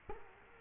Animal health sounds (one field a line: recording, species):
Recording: mosquito wingbeat signal from an infrared sensor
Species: Culex quinquefasciatus